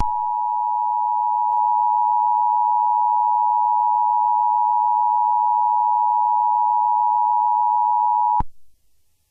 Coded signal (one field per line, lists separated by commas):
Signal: Emergency Alert System (SAME) tones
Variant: 853 and 960 Hz attention tone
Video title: EAS Scenario - Trollge (Part Two)